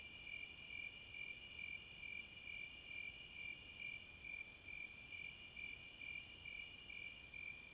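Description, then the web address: Crickets calling in a repeated pulsed chirp, about twice a second, with a high band above that breaks off at intervals. Forest at night, midnight. "Nature Sounds In HD Sounds of Nature Hypnotizing Forest- Wolves, Crickets, Owls and Singing Birds Midnight Concert"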